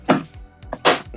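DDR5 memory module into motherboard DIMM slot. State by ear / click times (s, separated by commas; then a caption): seated / 0.1 s, 0.7 s. Two DDR5 memory modules are pressed down into the motherboard DIMM slots, taking some force, until the retention latches click at 0.1 s and 0.7 s. There are sharp clicks with fainter knocks between them, and both sticks are seated.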